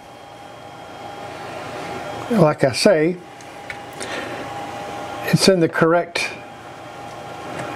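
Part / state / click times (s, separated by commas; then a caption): memory stick into motherboard DIMM slot / not seated / none. A partly inserted RAM stick sits in a motherboard DIMM slot facing the correct way but not pushed down far enough, and it is checked and handled before being pushed down fully. Someone talks over a steady background hum, with faint handling taps around 3.7 s and 4.0 s. Nothing has seated or clicked yet.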